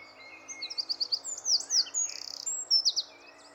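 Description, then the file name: Eurasian wren singing a quick jumble of high, thin chirps and twitters with a short buzzy rattle in the middle. "Troglodytes troglodytes"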